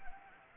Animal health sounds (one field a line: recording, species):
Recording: mosquito wingbeat signal from an infrared sensor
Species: Anopheles gambiae